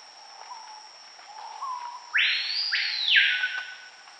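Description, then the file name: Screaming piha call: two soft low whistled notes, then an explosive ringing whistle that sweeps steeply upward and slides back down, over a steady high insect drone. "Lipaugus vociferans"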